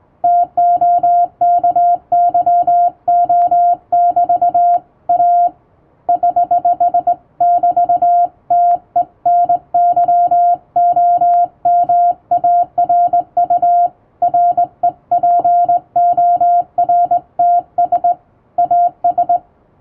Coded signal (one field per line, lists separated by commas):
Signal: Morse code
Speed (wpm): 20 wpm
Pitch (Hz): 700 Hz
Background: music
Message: TOKYO<BT>A <HH><BT>TENYOMARU REPORTS AS